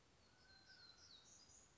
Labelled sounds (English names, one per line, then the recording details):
Black-throated Gray Warbler
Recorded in Sonoma County, California